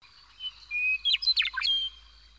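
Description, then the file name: Meadowlark song: a long clear whistled note followed by a quick burst of jumbled, gurgling warbled notes, all within about two seconds. "Gordon Hempton - Meadowlark"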